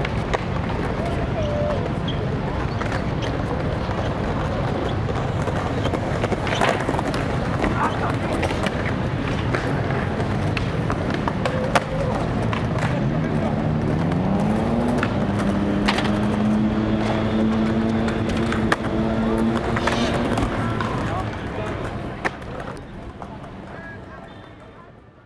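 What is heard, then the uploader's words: A busy Paris street with a steady, dense crowd murmur and traffic rumbling underneath. Around the middle, a low sustained tone rises and holds for several seconds, with sharp knocks scattered throughout before the sound fades near the end. Paris, Île de France, France. Enregistrements audio réalisés en milieu urbain.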